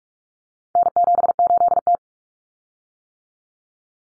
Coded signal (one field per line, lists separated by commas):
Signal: Morse code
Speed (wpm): 44 wpm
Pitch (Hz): 700 Hz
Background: none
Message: N78T